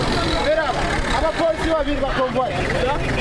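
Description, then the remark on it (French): A busy street scene in Bujumbura city centre at the Braroudi kiosk at 11 a.m. on a Wednesday: a steady wash of traffic noise from buses, coasters and police vans, with engines rumbling underneath, while several people's voices overlap and chatter throughout. “Des bus, coasters et camionnettes de la police s'apprêtent à embarquer les personnes arrêtées en plein centre-ville dans la matinée de ce mercredi.”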